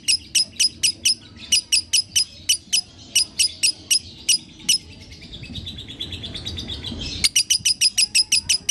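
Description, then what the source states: Lovebird chirping in quick regular high notes, fading into a soft warbled twitter, then resuming with a brisk chirp series. Masteran (training) track of lovebird in the konslet singing style.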